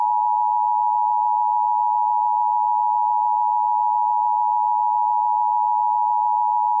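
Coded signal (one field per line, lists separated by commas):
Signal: Emergency Alert System (SAME) tones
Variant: 853 and 960 Hz attention tone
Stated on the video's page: Fictional EAS scenario.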